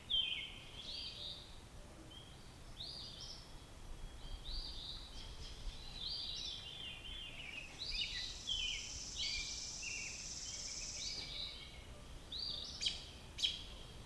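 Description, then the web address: Robin song in bursts of sweet, tumbling high notes, building into a longer warbled run midway, followed by a few sharp clicking sounds near the end. "Sounds of Nature Robins"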